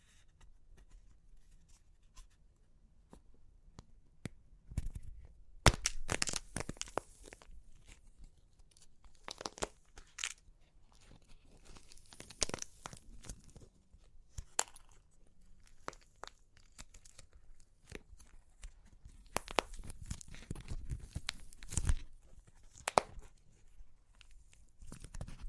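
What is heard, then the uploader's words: Crunchy clay cracks and crumbles in irregular bursts of sharp, bright snaps and crackles. Louder clusters come around 6, 10, 13 and 20–23 seconds, separated by quieter stretches of faint crinkling and a low murmur underneath. Super Crunchy Clay Cracking (No Talking).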